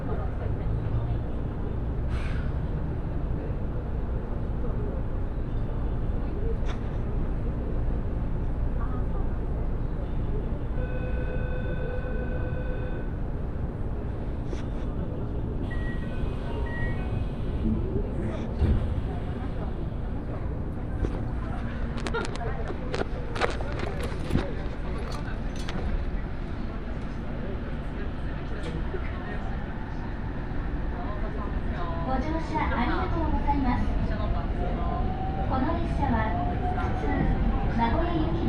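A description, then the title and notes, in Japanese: A train ride on the Aonami and Higashiyama lines: a steady, heavy rumble fills the whole recording, with voices talking over it. Around eleven seconds a short tonal chime sounds, another brief tone follows near sixteen, and after thirty seconds a motor whine rises and falls. 鉄道旅 あおなみ線・東山線 金城ふ頭→荒子・高畑→名古屋。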